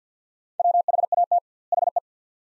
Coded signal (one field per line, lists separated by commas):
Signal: Morse code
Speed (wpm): 50 wpm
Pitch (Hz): 700 Hz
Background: none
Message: WHAT HE